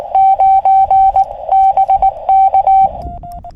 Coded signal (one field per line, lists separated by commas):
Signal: Morse code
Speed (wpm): 19 wpm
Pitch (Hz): 770 Hz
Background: none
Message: 9 BK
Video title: 荒波QSBの中での山岳移動運用/ FT-818ND QRP / Riding the QSB on 40m CW at Komagamine